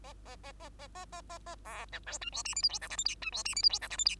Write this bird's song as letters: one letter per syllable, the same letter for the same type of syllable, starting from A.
A A A A A A A A A B C D E F G H I J K L M N E F G H I J K L M N